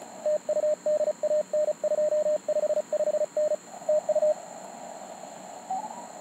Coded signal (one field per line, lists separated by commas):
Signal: Morse code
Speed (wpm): 37 wpm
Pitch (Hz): 610 Hz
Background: radio noise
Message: TU DAN 255N TU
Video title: Ham Radio - QRP - MTR4B - Bicycle - CWOPs - John Glenn Memorial Park